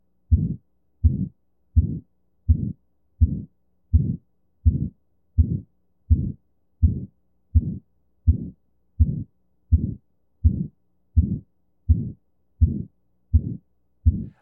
A systolic murmur with no second heart sound.